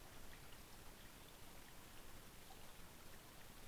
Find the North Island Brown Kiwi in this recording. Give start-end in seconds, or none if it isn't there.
none